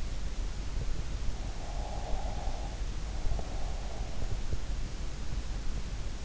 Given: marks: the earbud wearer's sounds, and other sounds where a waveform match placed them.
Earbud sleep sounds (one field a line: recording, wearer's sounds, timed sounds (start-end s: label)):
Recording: sounds in sleep by an in-ear microphone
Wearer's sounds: breath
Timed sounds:
1.69-2.72 s: breath